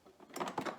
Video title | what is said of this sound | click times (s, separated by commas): Chicco KeyFit UAS Install Demo | click, two clicks, closed. | 0.4 s, 0.6 s